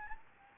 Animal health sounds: mosquito wingbeat signal from an infrared sensor; Anopheles gambiae

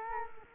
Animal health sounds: mosquito wingbeat signal from an infrared sensor; Culex quinquefasciatus

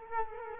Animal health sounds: mosquito wingbeat signal from an infrared sensor; Culex quinquefasciatus

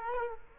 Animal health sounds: mosquito wingbeat signal from an infrared sensor; Culex quinquefasciatus

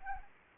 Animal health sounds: mosquito wingbeat signal from an infrared sensor; Anopheles arabiensis

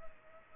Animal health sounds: mosquito wingbeat signal from an infrared sensor; Culex pipiens

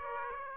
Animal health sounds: mosquito wingbeat signal from an infrared sensor; Aedes aegypti

